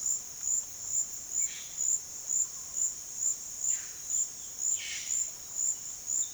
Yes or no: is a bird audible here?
yes